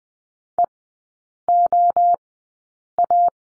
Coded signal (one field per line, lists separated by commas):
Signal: Morse code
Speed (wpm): 20 wpm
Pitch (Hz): 700 Hz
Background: none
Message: EOA